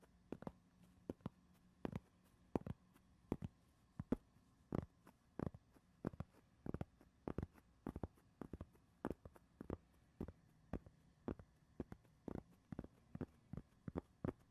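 Sharp tapping repeats steadily about twice a second, each tap crisp and bright, over a faint low hum with light scratchy noise between taps.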